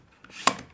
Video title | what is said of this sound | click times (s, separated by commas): AB Arms Mod 1 and Magpul CTR on Stag Arms Model 1 | after you get it on, you want to check, make sure it clicks from each position, which it does. | 0.2 s, 0.5 s